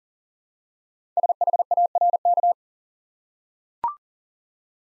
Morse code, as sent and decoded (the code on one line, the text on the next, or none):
... .... .- .-. -.-
SHARK